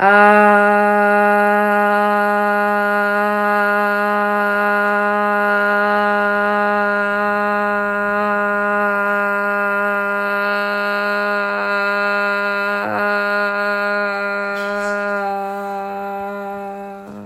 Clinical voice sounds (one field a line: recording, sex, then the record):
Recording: sustained vowel /a/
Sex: female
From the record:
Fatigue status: fatigue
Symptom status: symptomatic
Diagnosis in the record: COVID-19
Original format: m4a